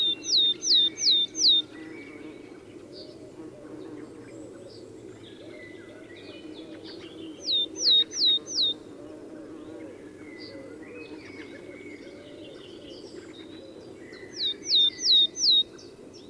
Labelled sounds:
Willow Tit

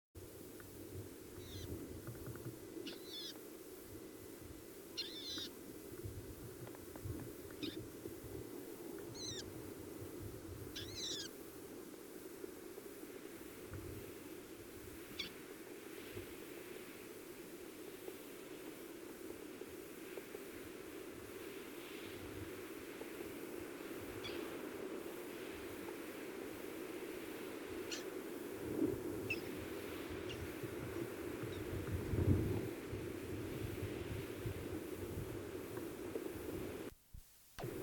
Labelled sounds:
Isabelline Shrike call

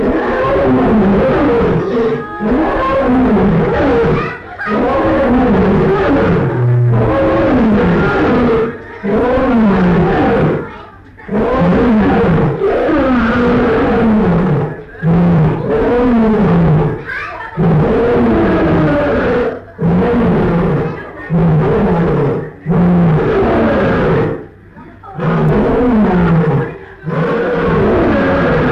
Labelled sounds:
Lion call

